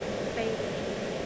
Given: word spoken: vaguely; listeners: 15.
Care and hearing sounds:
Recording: one English word in noise, from a listening test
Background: speech-shaped noise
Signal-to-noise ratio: -5.7 dB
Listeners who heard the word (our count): 0 of 15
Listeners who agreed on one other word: 12 of 15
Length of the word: 0.86 s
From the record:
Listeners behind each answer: 12, 2, 1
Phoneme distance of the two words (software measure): 27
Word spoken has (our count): 2 syllables, 5 phonemes, stress on syllable 1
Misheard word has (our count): 2 syllables, 4 phonemes, stress on syllable 1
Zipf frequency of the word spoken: 3.47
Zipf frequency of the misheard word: 5.29

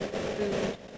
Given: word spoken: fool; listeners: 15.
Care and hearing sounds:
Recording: one English word in noise, from a listening test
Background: noise modulated by three-talker babble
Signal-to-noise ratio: -3.3 dB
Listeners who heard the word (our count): 0 of 15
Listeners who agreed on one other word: 9 of 15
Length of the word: 0.58 s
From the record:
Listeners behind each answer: 9, 2, 1, 1, 1, 1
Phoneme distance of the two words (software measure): 10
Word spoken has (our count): 1 syllable, 3 phonemes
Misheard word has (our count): 1 syllable, 3 phonemes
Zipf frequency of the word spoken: 4.36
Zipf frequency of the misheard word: 5.45

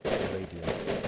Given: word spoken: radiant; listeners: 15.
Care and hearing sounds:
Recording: one English word in noise, from a listening test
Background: noise modulated by three-talker babble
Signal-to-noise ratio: -5.9 dB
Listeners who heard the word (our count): 2 of 15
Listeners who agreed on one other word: 7 of 15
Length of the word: 0.68 s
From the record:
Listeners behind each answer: 7, 3, 2, 1, 1, 1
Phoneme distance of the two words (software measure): 27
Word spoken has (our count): 2 syllables, 6 phonemes, stress on syllable 1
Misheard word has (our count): 3 syllables, 5 phonemes, stress on syllable 1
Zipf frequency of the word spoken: 3.08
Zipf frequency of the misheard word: 4.82

